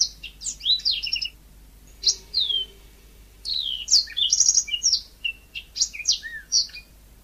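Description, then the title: Magpie-robin song made of short whistled phrases, some rising and some falling, separated by brief pauses, with quick chirps and clear melodic slurs. "Kicau Kacer"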